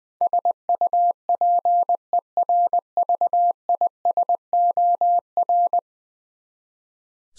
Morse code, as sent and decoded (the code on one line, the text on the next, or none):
... ..- .--. . .-. ...- .. ... --- .-.
SUPERVISOR